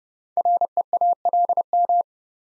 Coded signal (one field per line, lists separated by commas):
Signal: Morse code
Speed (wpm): 29 wpm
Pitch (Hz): 700 Hz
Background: none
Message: REALM